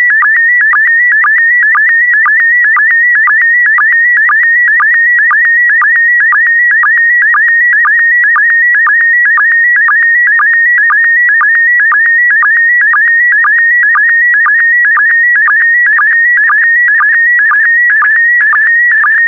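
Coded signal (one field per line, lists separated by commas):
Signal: SSTV (slow-scan television)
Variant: PD120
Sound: steady high warbling tone with rhythmic low chirps about twice a second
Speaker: the next image transmission will start in 10 seconds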